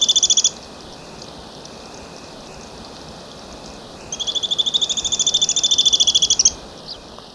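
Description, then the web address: White-chinned thistletail song: rapid high trills, a brief one at the start and a longer one after a pause, with quiet hiss between. Ecuador. "Birds of Ecuador 2. White-Chinned Thistletail"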